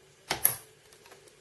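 The first push pin of a CPU cooler heatsink is pressed down into its motherboard mounting hole, and it clicks in at 0.5 s. A broader press sound comes just before, at 0.3 s. The pin seats, with only faint handling noise afterward.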